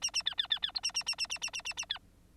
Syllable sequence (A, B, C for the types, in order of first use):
A A B B B B C A A A A A A A A A B